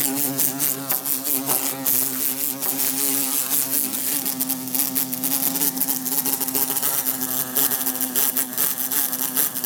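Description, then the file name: Bumblebee humming in a continuous low buzz, punctuated by many quick, sharp taps and bumps. Trying to escape through a closed window. "Bumblebee trying to escape thru closed window"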